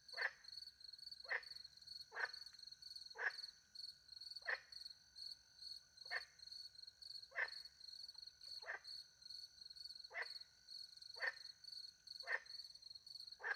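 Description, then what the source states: Frog calling in a regular series of many short, rasping croaks, one every second or so, with a persistent shrill cricket chorus. Frogs with crickets in the countryside by night, France; microphones hidden in a tree close to a little pond; recorded with two Usi Pro mics into a MixPre-10 II.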